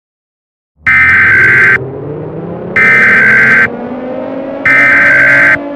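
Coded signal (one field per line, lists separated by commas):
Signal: Emergency Alert System (SAME) tones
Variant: header bursts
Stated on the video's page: Fictional EAS scenario alert tones about a meteor, fan-made.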